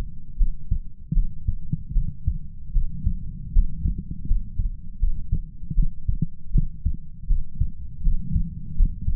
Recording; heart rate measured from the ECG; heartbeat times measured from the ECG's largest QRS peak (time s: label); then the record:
heart sounds by stethoscope; 79 bpm
0.36 s: heartbeat
1.12 s: heartbeat
1.92 s: heartbeat
2.71 s: heartbeat
3.51 s: heartbeat
4.25 s: heartbeat
4.98 s: heartbeat
5.73 s: heartbeat
6.51 s: heartbeat
7.26 s: heartbeat
8.01 s: heartbeat
8.75 s: heartbeat
From the record:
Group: healthy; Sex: female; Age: 26 years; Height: 165 cm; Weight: 55 kg